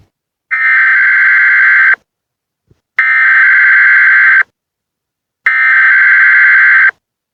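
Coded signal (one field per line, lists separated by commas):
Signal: Emergency Alert System (SAME) tones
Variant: header bursts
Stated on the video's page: Mock (simulated) EAS dust storm warning, not a real alert.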